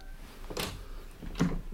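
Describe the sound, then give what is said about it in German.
A door is opened: a brief scraping rush of noise, then a second clunk with a short low creak about a second later, fairly quiet, with no voices. “Sie brauchen nur die Türe zu öffnen, Michael. Das ist alles. Öffnen Sie die Türe.”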